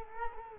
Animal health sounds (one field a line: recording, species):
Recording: mosquito wingbeat signal from an infrared sensor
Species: Culex quinquefasciatus